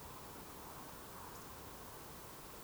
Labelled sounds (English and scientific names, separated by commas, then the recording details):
Eurasian Woodcock (Scolopax rusticola) whistle
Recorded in Baden-Württemberg, Germany, on 12 June 2020 at 20:32 UTC
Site 43791, 788 m above sea level